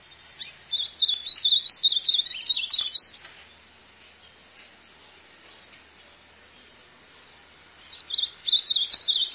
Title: Canto Do Golinha